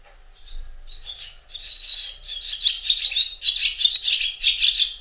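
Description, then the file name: Barn swallow: a rapid continuous twittering chatter of high buzzy and chirping notes, steady after a brief quieter opening. "Golosa ptic - Derevenskaya lastochka Hirundo rustica"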